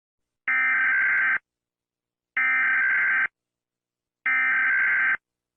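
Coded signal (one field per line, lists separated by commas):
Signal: Emergency Alert System (SAME) tones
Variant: header bursts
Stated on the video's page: Fictional EAS scenario.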